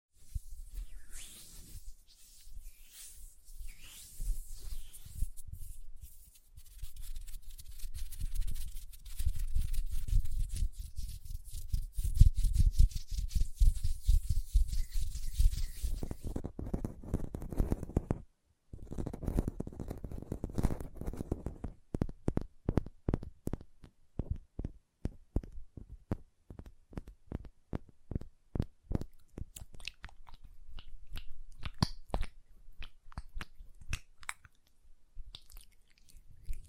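Hand sounds: for the first sixteen seconds, soft, wet rubbing and squishing of lotion, with low muffled thumps. After a brief silence near eighteen seconds, crisp nail tapping takes over in quick, irregular clusters of sharp clicks that continue to the end.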